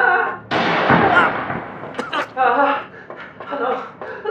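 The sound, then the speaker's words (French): A sharp, loud gunshot blast with a long decaying roar, followed by a man shouting in bursts over fading reverberation. “Assez de coups de feu!”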